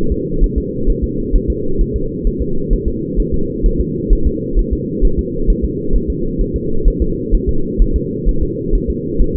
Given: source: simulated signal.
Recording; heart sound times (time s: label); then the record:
fetal heart sounds
0.12 s: S2
0.44 s: S1
0.58 s: S2
0.90 s: S1
1.04 s: S2
1.35 s: S1
1.50 s: S2
1.81 s: S1
1.96 s: S2
2.27 s: S1
2.42 s: S2
2.73 s: S1
2.88 s: S2
3.20 s: S1
3.34 s: S2
3.66 s: S1
3.81 s: S2
4.13 s: S1
4.27 s: S2
4.59 s: S1
4.73 s: S2
5.05 s: S1
5.19 s: S2
5.50 s: S1
5.65 s: S2
5.96 s: S1
6.10 s: S2
6.41 s: S1
6.56 s: S2
6.88 s: S1
7.02 s: S2
7.34 s: S1
7.49 s: S2
7.82 s: S1
7.96 s: S2
8.29 s: S1
8.43 s: S2
8.75 s: S1
8.90 s: S2
9.22 s: S1
9.36 s: S2
From the record:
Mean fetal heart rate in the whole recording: 130 bpm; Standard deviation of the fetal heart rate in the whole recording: 2 bpm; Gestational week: 38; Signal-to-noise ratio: -8.1 dB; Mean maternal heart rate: 72 bpm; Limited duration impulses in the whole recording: absent